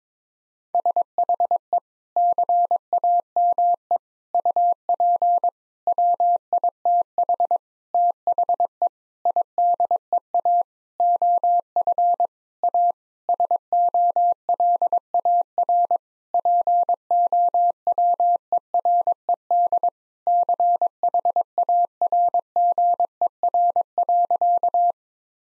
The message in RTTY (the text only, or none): none